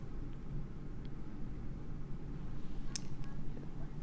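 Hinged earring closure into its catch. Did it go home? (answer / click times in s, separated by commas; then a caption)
yes / 3.0 s. A hinged earring fitting is bent closed at the front into its catch, and a sharp, bright click at 2.9 s shows it locking into place. Fainter taps come at about 1.1 s and 3.2 s over a steady low background hum.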